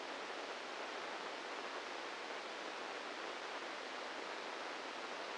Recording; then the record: brain microelectrode recording played as sound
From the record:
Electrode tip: inside the subthalamic nucleus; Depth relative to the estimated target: -2 mm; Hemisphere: left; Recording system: NeuroSet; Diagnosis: Parkinson's disease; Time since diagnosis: 8 years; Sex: male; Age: 46 years